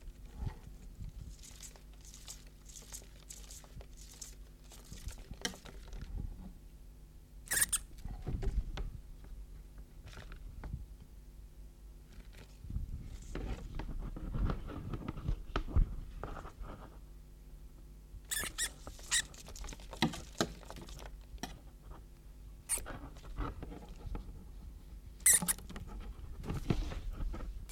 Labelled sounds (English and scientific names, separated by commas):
Common Pine Vole (Microtus subterraneus) distress call